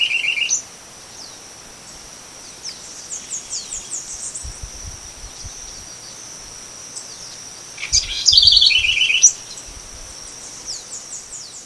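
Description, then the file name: Southern house wren song, a brief fragment at first, then a full quick burst of chattering trills later on; soft high chirps and a steady insect whine in the background. Recorded at a farm called Fazenda Monte Verde, Brazil, on 24 August 2013. "Troglodytes-musculus-Faz Mt Verde-SFX-BR-24-8-13-ASilveira"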